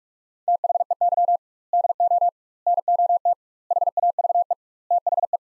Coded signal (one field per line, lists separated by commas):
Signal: Morse code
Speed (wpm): 46 wpm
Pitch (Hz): 700 Hz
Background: none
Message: THEY DO NOT HAVE THE